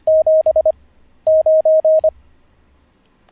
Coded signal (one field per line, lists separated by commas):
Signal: Morse code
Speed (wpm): 25 wpm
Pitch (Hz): 630 Hz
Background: none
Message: 7 9